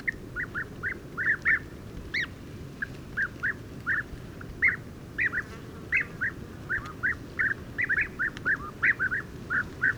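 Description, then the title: European bee-eaters giving repeated rolling, burry calls, several birds overlapping, over steady low background rumble. Flock gathering to roost in a very large acacia during pre-migration, evening and morning waking, Oasis Mayateg, Adrar, Mauritania, 22 February 2019, Tlp7 and Mixpre 3. "Dortoir de Guêpier d'Europe - Mauritanie"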